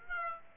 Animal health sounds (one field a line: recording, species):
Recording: mosquito wingbeat signal from an infrared sensor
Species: Aedes aegypti